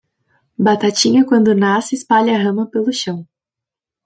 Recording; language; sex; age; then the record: short text; Brazilian Portuguese; female; 20 to 29 years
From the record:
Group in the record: control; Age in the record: 23 years